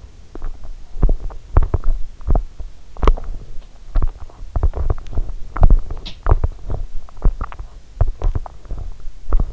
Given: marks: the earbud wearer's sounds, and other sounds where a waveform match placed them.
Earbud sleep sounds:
sounds in sleep by an in-ear microphone; teeth grinding
0.34-3.36 s: teeth grinding
3.90-9.53 s: teeth grinding
5.85-6.27 s: sound from someone else or the room

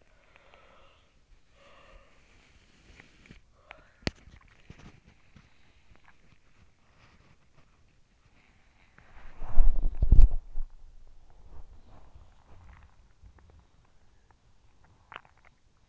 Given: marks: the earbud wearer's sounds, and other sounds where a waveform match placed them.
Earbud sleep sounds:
sounds in sleep by an in-ear microphone; breath, body movement, teeth grinding
0.00-2.73 s: breath
1.08-15.33 s: body movement
7.91-10.46 s: sound from someone else or the room
11.65-13.87 s: sound from someone else or the room
14.60-15.89 s: teeth grinding
14.78-15.89 s: sound from someone else or the room

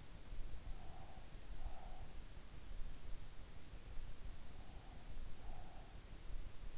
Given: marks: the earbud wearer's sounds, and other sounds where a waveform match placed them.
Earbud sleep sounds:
sounds in sleep by an in-ear microphone; breath
0.50-2.48 s: breath

